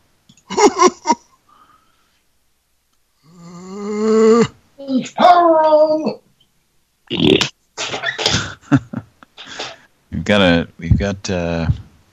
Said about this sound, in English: I just heard her burp.